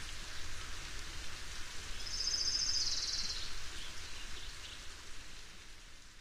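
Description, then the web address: California towhee: a quick run of sharp high chip notes, lasting a second or so, over steady hiss-like background noise. "Songs of Birds of North America Know Your Bird Sounds Common Western Species. California Towhee"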